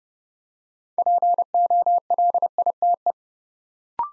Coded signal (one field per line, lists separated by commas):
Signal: Morse code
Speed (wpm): 30 wpm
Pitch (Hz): 700 Hz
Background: none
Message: POLITE